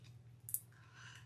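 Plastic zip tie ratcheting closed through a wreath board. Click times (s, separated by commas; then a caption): 0.5 s. A plastic zip tie threaded through the holes of a plastic wreath board is pulled closed, its ratchet giving two sharp clicks at 0.5 s, over a steady low hum. It is left seated with just a click or two and not pulled too tight, so the end of the mesh can go in to hold the flower petals.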